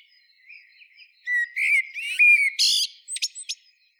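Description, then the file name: Common blackbird song phrase: low mellow warbles build into a sustained whistle, then a scratchy high burst and a few sharp squeaky notes. "Turdus merula"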